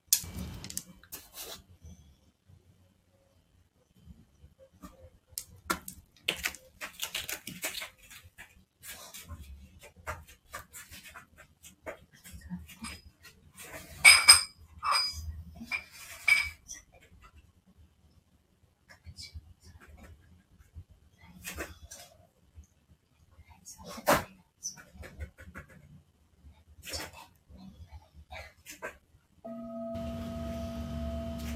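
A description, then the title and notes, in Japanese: Most of the recording is scattered taps, knocks and rustling handling sounds with low thumps, irregular and sparse, with a few louder clusters around 14 and 24 seconds. Near the end, a singing bowl starts ringing as a steady, sustained layered tone. メキシコから シンギングボウルのサウンドヒーリング ライブ。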